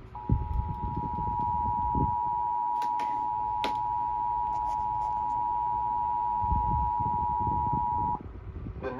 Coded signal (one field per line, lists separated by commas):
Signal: Emergency Alert System (SAME) tones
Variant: 853 and 960 Hz attention tone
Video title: Lucky Number 4! EAS Alerts From July 28, 2022